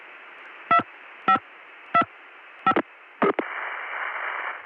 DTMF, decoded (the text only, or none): 2525